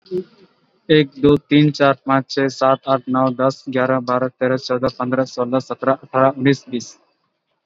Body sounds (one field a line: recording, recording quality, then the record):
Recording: counting at a fast pace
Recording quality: excellent, no background noise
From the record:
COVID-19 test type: RT-PCR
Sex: male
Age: 18 years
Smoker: no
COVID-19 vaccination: both doses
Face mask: worn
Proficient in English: yes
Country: India